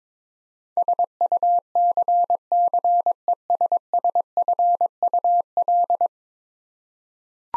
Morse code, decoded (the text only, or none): SUCCESSFUL